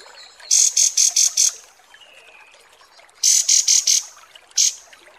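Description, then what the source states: Kapas tembak song: two loud bursts of a few sharp, high, pulsed notes, then a single later note. Masteran training recording of kapas tembak song.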